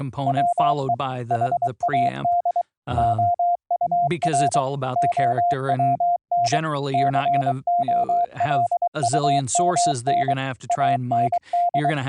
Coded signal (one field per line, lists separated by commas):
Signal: Morse code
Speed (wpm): 23 wpm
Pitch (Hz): 700 Hz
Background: speech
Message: WE HAD OUR OWN COLUMN AND